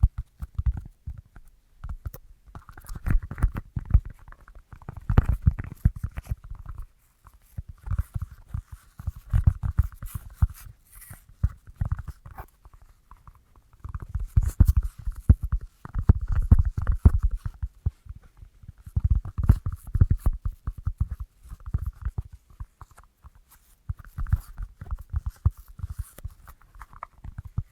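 Tapping on assorted surfaces comes in quick, dense bursts separated by short pauses, roughly every few seconds. The taps are mostly soft and low with a dull knock, and some carry a lighter, brighter click on top.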